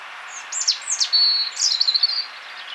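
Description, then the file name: European robin song: thin, high, varied warbling notes and sliding whistles, with a steady hiss in the background. "Erithacus rubecula"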